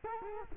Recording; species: mosquito wingbeat signal from an infrared sensor; Culex quinquefasciatus